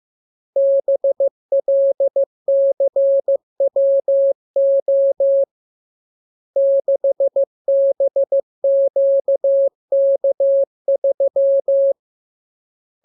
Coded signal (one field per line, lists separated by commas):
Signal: Morse code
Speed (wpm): 15 wpm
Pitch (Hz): 550 Hz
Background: none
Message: BLCWO 6BQK3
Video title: Learning Morse Code. Lesson 39. Letter KMURESNAPTLWI.JZ=FOY,VG5/Q92H38B?47C1D60